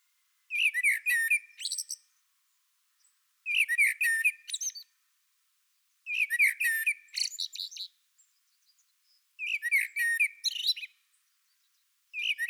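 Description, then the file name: Common blackbird uttering rattling bursts of quick, scratchy notes, each burst about one and a half seconds long and repeated roughly every three seconds against silence. "Turdus merula"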